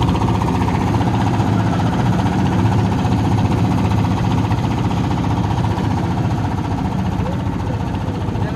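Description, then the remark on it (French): A boat engine runs steadily as the boat slaloms between sandbanks, a loud, continuous low drone with a throbbing, rattling texture that holds an even level throughout, with no voices over it. “Et ils attendaient le bateau apparemment.”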